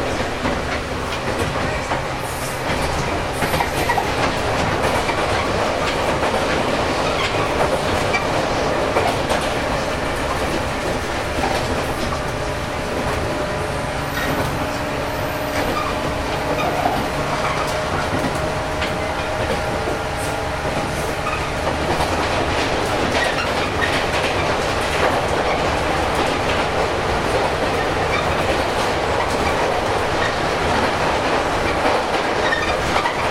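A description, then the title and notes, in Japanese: Running sound recorded aboard a local electric train, with a steady, dense rumble and rolling wheel noise throughout. Faint tonal motor whine rises and falls in the middle, and rhythmic clicks from rail joints recur at irregular intervals over the constant loud roar. JR九州 415系 日豊線 大分から幸崎まで。JR九州 415系電車の走行音です。日豊線の普通列車で録音しました。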